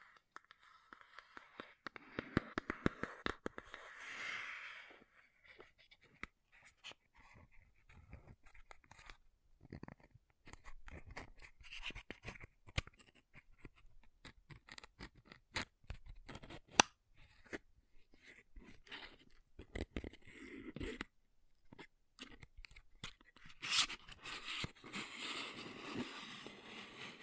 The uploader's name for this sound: MAKEUP TAPPING & SCRATCHING